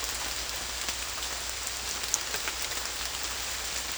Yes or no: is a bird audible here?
no